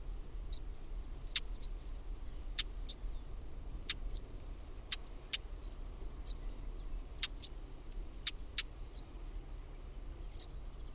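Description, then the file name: Northern wheatear calls: short high whistled notes alternating with sharp dry clicking tacks in an irregular series, over a low steady rumble. "KIVITASKU"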